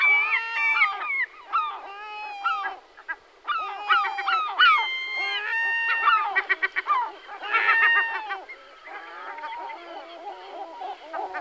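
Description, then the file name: European herring gull calls: loud, harmonic, downslurred yelping notes in irregular bursts, then a quick run of short repeated notes, and softer calls trailing off. "racek-stříbřitý"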